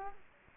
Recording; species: mosquito wingbeat signal from an infrared sensor; Culex quinquefasciatus